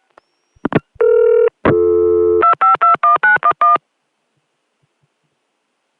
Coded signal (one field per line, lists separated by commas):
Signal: DTMF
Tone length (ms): 130 ms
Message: 2521911